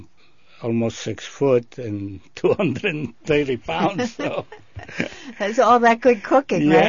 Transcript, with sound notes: I'm almost six foot, and two hundred and thirty pounds. (they laugh)
It's all that good cooking, right?